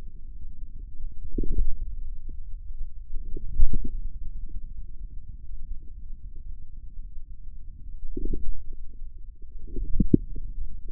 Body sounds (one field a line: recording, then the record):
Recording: forearm muscle sounds (acoustic myography)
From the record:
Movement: inward rotation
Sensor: system 2, bracelet of six BSWA MPA416 microphones around the upper forearm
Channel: 3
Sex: male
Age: 22 years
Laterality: right